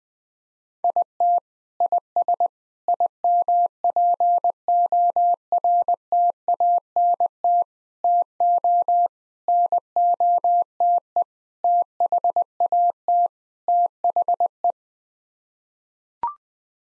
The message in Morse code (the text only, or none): IT IS IMPORTANT TO NOTE THAT THE